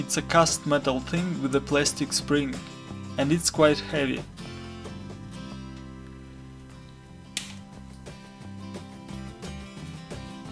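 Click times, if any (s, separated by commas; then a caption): 7.4 s. Someone talks over background music, then the spring-loaded pop-up trimmer on a metal-and-plastic electric shaver body is released. It pops up with a sharp, short click at 7.4 seconds, made by its springs.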